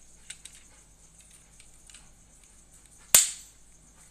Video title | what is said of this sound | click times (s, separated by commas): Cooking with Salty! Stuffed Pepper Soup, and starting lego R2D2 build. | There we go. There's a click. | 3.1 s